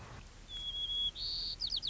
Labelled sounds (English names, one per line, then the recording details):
White-crowned Sparrow
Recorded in Sonoma County, California